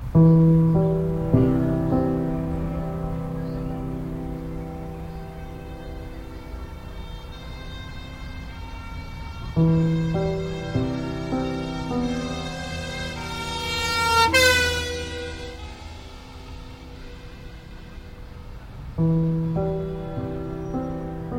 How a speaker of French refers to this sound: Aujourd'hui, 3e épisode, des sirènes partout.